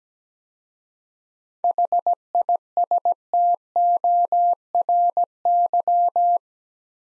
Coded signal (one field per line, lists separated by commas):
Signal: Morse code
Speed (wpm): 17 wpm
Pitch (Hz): 700 Hz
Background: none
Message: HISTORY